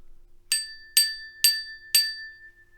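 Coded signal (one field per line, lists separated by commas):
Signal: bell signal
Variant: British railway block bell code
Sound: four evenly spaced rings of a small bell, each decaying, about half a second apart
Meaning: Four bells repeated back acknowledge that the line is clear for an express passenger train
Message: 4 strikes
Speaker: if the express passenger train was able to enter his section because he's alignment clear he would simply reply with the same four Bells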